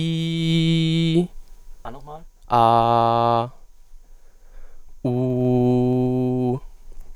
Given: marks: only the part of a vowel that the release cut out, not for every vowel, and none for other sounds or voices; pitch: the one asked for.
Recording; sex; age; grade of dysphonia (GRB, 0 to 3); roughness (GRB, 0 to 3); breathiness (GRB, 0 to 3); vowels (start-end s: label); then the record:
sustained vowels; male; 20 to 29 years; 0; 0; 0
0.00-1.15 s: vowel /i/, normal pitch
2.58-3.38 s: vowel /a/, normal pitch
5.12-6.47 s: vowel /u/, normal pitch
From the record:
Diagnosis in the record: healthy voice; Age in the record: 22 years